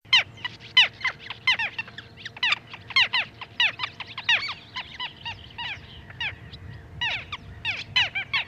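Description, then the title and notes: Little Gull calls: many short, sharp, high notes in irregular bursts over a steady low hum. Smallest gull found in Finland, about 30 cm; nests in colonies, favouring reedy lake bays. "Pikkulokki. Viikon luontoäänen pikkulokin esitteli Asko Hauta-aho"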